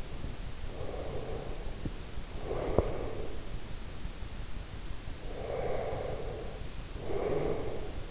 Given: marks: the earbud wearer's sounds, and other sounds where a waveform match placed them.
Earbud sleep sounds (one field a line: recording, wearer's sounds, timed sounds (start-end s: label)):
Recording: sounds in sleep by an in-ear microphone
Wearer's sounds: breath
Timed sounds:
0.57-3.43 s: breath
5.20-8.11 s: breath